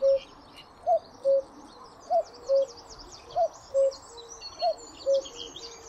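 Cuckoo calling its two-note 'cu-ckoo', a higher first note dropping to a lower second, repeated about every 1.2 seconds; small birds twitter faintly at high pitch.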